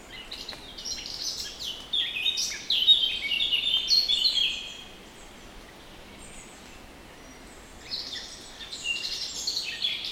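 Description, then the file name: Eurasian blackcap singing a bright, tumbling warbled phrase, a quiet pause, then another high warbling burst near the end. "Sylvia atricapilla"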